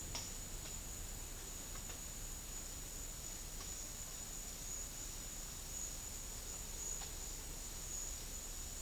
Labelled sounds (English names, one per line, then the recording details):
none
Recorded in dense forest near Puerto Asís, Putumayo, Colombia, on 4 March 2025 at 10:00
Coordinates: 0.484, -76.325
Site G045